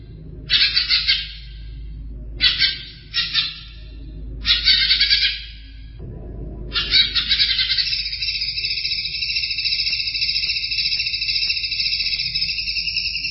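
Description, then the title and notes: Greater green leafbird gives several short chattering bursts separated by pauses, then settles into a long continuous buzzing trill. Champion songbird. "Kicau Burung Cucak Ijo Juara. Suara kicauan burung cucak ijo"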